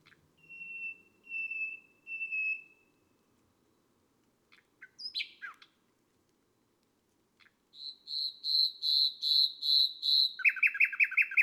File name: Un rossignol enregistre une nuit de mai